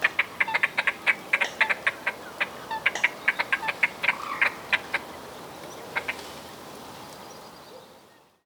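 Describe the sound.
Bird singing a rapid series of many sharp, high chipping notes, then slowing to a few spaced notes before fading, over steady background hiss.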